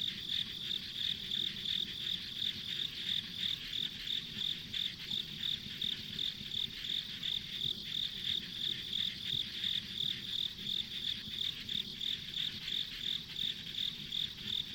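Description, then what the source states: Insects chirping in steady high pulses about three times a second, layered over a continuous shrill insect hum, with faint low background rumble. Ambient insect sounds on a rural country road.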